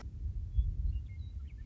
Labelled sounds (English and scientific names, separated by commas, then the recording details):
Western Meadowlark (Sturnella neglecta)
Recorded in Sonoma County, California